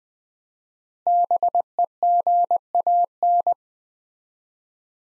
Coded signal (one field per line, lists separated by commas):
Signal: Morse code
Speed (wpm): 21 wpm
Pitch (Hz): 700 Hz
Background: none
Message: BEGAN